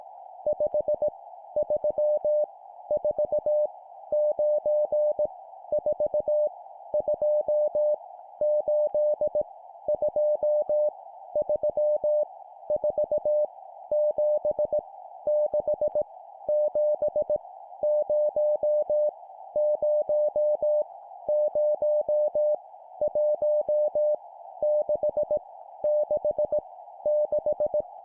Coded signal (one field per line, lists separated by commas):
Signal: Morse code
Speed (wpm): 18 wpm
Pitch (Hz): 600 Hz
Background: music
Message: 5 3 4 9 4 2 8 2 3 4 7 6 7 0 0 0 1 6 6 6